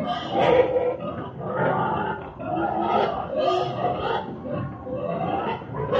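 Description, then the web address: Pig grunting and snorting continuously, low rough grunts and squealy snorts overlapping in a steady stream without pause. "Partners In Rhyme Pig Slaughter"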